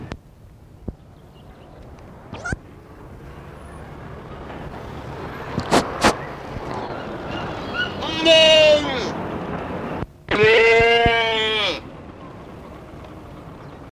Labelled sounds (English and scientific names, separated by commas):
Tur (Capra caucasica) call